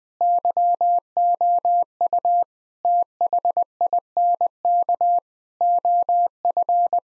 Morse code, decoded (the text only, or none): YOU THINK OF